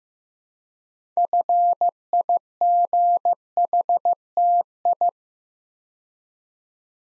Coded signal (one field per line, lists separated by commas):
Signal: Morse code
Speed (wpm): 15 wpm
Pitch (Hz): 700 Hz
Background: none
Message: FIGHTI